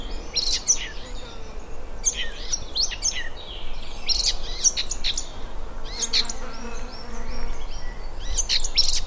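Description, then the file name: Eurasian blackcap: sharp, dry notes in clusters every two seconds or so, over a low rumble. "Sylvia atricapilla"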